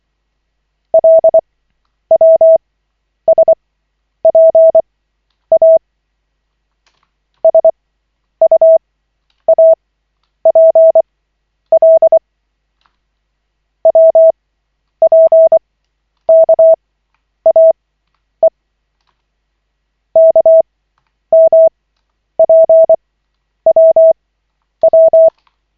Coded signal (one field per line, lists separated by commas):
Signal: Morse code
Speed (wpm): 24 wpm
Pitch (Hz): 650 Hz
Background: none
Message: LWSPA SUAPL WPKAE KMPWW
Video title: Koch 11/40, 16.01.2025, CW practice session